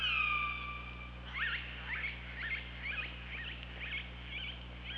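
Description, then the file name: Killer whale sounds: a long steady harmonic tone at the start, then a series of short, chirping squeaks over a low hum. OrcaLab hydrophone, 24 August 2017, 15:21. "Orca Lab 20170824 152105"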